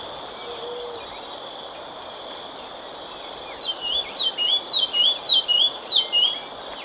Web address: Natures Songs S America Birds of Ecuador Olivaceous Greenlet